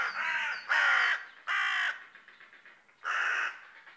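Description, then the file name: Carrion crow giving harsh, hoarse caws: a softer call, then three loud ones, the last after a gap of over a second, with faint high chirps at the start. "Corvus corone"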